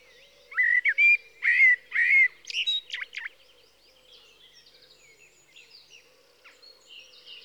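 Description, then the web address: Common blackbird singing a fluty, warbled phrase of loud mellow notes in the first three seconds, then trailing into quieter, high scratchy twitters. "BBC Sound Effects Library - 47 (Birds) 01 Blackbird (Turdus Merula)"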